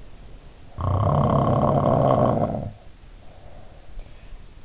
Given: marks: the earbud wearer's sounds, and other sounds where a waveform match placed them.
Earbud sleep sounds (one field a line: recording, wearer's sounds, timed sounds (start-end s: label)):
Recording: sounds in sleep by an in-ear microphone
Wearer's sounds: snoring breath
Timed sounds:
0.57-4.28 s: snoring breath